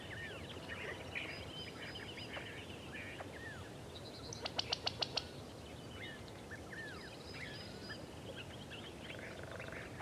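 Creatures of the blue oak woods call over a steady, dense bed of low rumbling noise. Many bird chirps and whistles overlap throughout, with a quick run of five sharp, bright clicks or taps just before the midpoint.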